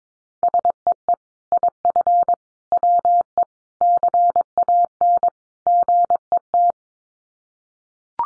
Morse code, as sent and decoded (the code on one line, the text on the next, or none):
... . . / .. ..-. / .-- . / -.-. .- -. / --. . -
SEE IF WE CAN GET